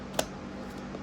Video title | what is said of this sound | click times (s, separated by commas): How to properly set up your body armor’s plate carrier for max comfort and protection. | If you heard it click, now it don't move no more. | 0.2 s